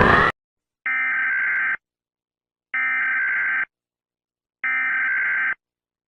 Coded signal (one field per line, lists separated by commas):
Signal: Emergency Alert System (SAME) tones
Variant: header bursts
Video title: Piura EAS Alarm (Departament in Peru)